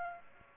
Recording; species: mosquito wingbeat signal from an infrared sensor; Aedes aegypti